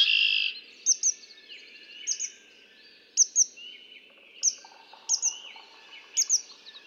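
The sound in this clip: Red-winged blackbird song: a loud buzzy burst opens, then sharp paired high notes repeat about once a second over steady background noise.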